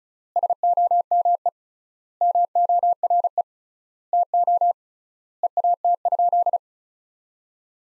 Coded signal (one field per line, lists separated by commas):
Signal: Morse code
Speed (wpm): 36 wpm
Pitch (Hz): 700 Hz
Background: none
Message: SOME MORE TO EAT?